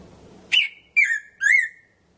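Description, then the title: Red-throated parrotfinch calls: three loud, harmonic notes, each a sharp onset settling into a level or slightly rising whistle, given in quick succession over about a second. "Erythrura Psittacea"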